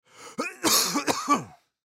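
Acted cough with harsh throat-clearing bursts from a man of about fifty, about three rough pulses in under two seconds; stock sick sound effect.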